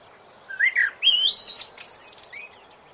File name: Blackbird